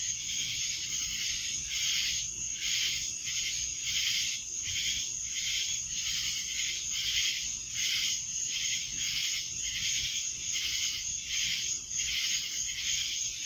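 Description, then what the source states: Cicada chorus, a continuous high shrill buzz throbbing in steady waves throughout. Cicadas recorded in Annapolis in July 2012.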